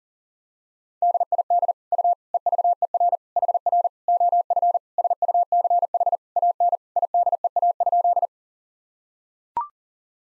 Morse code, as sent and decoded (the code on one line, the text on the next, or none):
-.. .. -.. / ..- / . ...- . .-. / .... .-. / --- ..-. / ... ..- -.-. .... / .- -. / .. -.. . .- ..--..
DID U EVER HR OF SUCH AN IDEA?